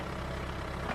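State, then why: Not seated. A steel ball coupler on a bale basket tongue is handled near the ball mount of a heavy hitch on a Kubota tractor's three-point hitch. A steady, low tractor engine drones throughout. Nothing has seated or clicked yet.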